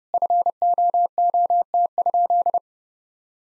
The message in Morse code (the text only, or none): FOOT?